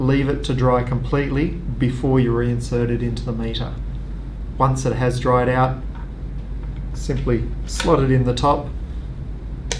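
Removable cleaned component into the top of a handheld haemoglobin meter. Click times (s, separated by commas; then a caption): 9.7 s. Someone talks as a cleaned, fully dried removable part is slotted into the top of a handheld DiaSpect haemoglobin meter and pressed down. A sharp tick at 9.7 s marks it clicking into place, seated.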